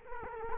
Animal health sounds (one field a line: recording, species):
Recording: mosquito wingbeat signal from an infrared sensor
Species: Culex quinquefasciatus